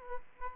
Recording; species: mosquito wingbeat signal from an infrared sensor; Aedes aegypti